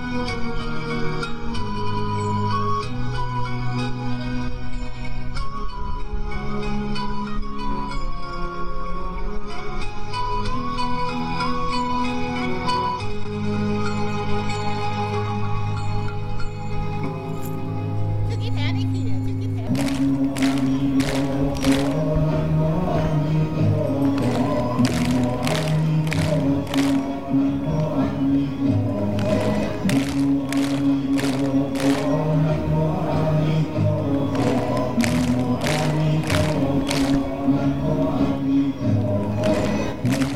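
Chanting at the Golden Buddha temple in Bangkok: low, sustained voices hold and step between pitches in a steady drone. Around twenty seconds the chant shifts, and bright, sharp taps start recurring at a fairly regular pace over it until the end.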